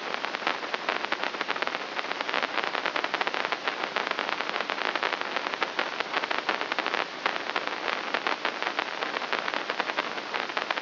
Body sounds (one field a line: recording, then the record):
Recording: brain microelectrode recording played as sound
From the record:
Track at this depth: inside the subthalamic nucleus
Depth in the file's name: 0.241 mm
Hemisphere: right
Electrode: 3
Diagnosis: Parkinson's disease